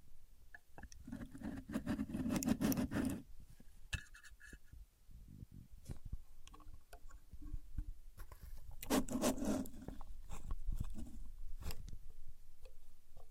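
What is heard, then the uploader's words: A contour gauge being used, with two dense bursts of rattling, scraping pins, one from about one to three seconds and another around nine to ten seconds. Between them come scattered clicks, taps and softer sliding sounds over a low, steady rumble. Using A Contour Gauge (No Talking).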